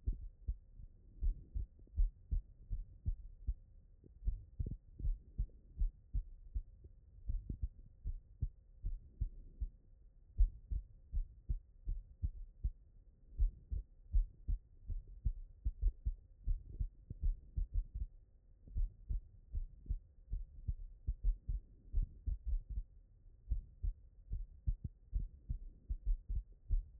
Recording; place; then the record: heart sounds by stethoscope; tricuspid valve (TV)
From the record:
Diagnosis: HFrEF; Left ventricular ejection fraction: 33%